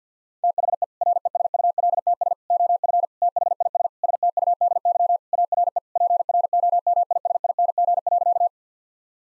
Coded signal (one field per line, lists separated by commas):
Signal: Morse code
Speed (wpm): 50 wpm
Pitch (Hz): 700 Hz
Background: none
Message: THE RESULTS OF THIS STUDY ARE PROMISING.